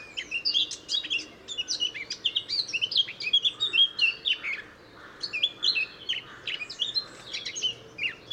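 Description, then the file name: Eurasian blackcap song, a rapid, varied warble of high chirps and whistled notes in two long bursts with a brief pause between. "Sylvia atricapilla"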